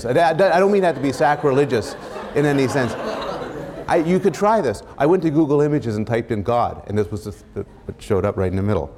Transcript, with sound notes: That — I don’t mean that to be sacrilegious [laughter] in any sense. You could try this. I went to “Google Images” and typed in “God” and this is what showed up right in the middle